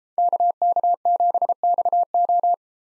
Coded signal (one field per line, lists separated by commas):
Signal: Morse code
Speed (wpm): 32 wpm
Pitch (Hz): 700 Hz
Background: none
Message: KK7XO